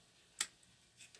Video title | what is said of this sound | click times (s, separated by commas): Crash test nouveautés sourcils Younique. Pommadexet crayon à sourcil. | Ah si, c'est aimanté, j'ai rien dit, c'est aimanté, ça a fait clic quand je l'ai mis dedans. | 0.4 s